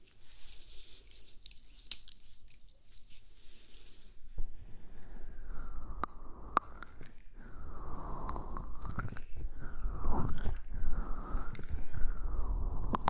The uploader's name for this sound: Massage Gentle Brush Ear Cleaning